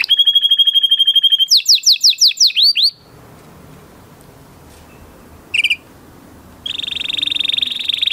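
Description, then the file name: Canary singing a pure high trill, then sweeping chirps, a pause of quiet hiss, a brief burst and a resumed buzzy high trill. "Canary Voice"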